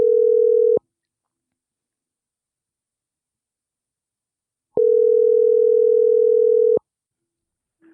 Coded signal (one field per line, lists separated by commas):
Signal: telephone call progress tone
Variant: North America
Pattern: ringback tone